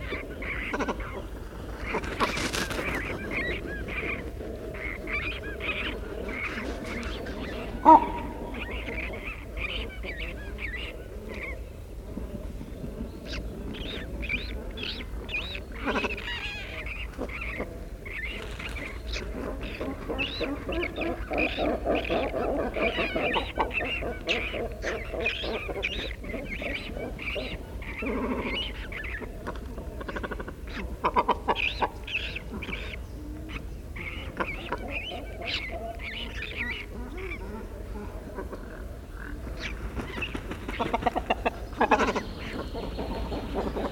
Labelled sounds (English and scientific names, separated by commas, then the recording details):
Great Cormorant (Phalacrocorax carbo) call
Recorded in the wild
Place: Sundhagen, Mecklenburg-Vorpommern, DE
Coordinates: 54.255, 13.193
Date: 1978-04-23 08:40
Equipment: Nagra III BH, Sennheiser MD 21, parabola
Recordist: Schubert, Michael
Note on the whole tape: Nistende und brütende Kormorane, dazu Jungenlaute